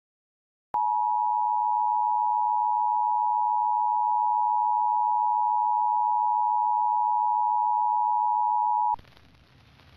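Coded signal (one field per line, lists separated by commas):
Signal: Emergency Alert System (SAME) tones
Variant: 853 and 960 Hz attention tone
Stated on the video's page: EAS alert on MeTV Toons cable broadcast, received in Lake Dallas, TX.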